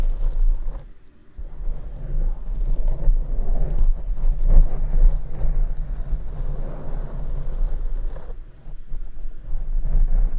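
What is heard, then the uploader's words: Deep scratching on the microphone makes a dense, rumbling rustle with a steady low hum, briefly dropping away near one second and again near eight. ASMR DEEP MIC SCRATCHING Scalp Massage.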